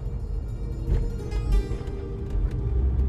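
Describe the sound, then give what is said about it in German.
A car carrying two people drives along a narrow lane, its engine giving a steady low rumble with faint rattles and brief clicks over the top, no voices present. “Mit seinem Auto fährt er mit mir die Gasse entlang, durch die die Fischer damals zogen.”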